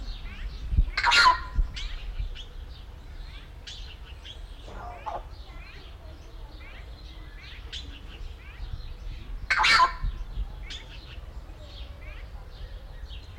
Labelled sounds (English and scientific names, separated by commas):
Southern Screamer (Chauna torquata) call